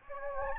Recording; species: mosquito wingbeat signal from an infrared sensor; Anopheles gambiae